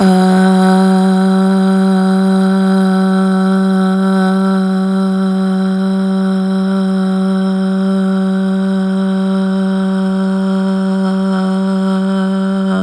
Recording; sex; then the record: sustained vowel /a/; female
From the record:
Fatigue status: fatigue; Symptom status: symptomatic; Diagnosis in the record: COVID-19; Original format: m4a